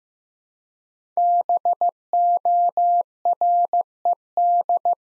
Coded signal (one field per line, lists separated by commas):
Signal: Morse code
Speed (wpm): 15 wpm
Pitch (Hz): 700 Hz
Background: none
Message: BORED